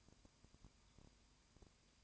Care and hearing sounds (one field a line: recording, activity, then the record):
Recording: daily activity, microphone in the room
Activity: no activity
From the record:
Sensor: 2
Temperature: 20.8 degrees Celsius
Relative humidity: 38.3%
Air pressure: 1010.4 hPa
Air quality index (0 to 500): 200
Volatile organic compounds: 19 ppm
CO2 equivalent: 2651 ppm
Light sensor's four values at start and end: 2/3/2/2 and 2/3/2/2